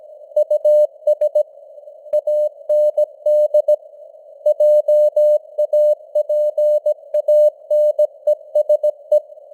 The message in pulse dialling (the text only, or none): none